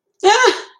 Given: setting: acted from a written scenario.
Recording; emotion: vocal sound without words; distress